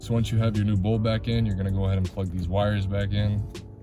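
Someone talks while working on the tail light of a 2011 Scion tC, with the new bolt back in, about to plug the plastic wiring harness connector back into the tail light assembly. The clip ends before the connector goes home, so nothing has seated or clicked yet.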